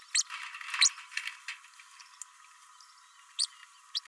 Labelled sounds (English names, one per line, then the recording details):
Green-rumped Parrotlet babbling
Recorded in a nest box in Venezuela
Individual 18B104A3